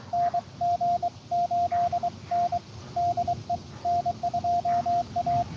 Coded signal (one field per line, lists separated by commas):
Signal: Morse code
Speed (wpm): 24 wpm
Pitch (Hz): 700 Hz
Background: radio noise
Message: NG8N DE N2A